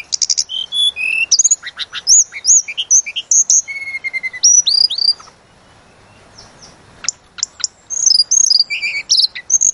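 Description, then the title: Sunda robin song of varied high chirps and whistled slurs in quick succession, a silent gap, then renewed bursts of chirping. Lure recording meant to excite birds and make them sing out their full repertoire of learned filler phrases. "Pancingan Tledekan Gunung Agar Emosi Bongkar Isian"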